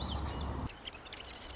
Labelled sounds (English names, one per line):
Marsh Wren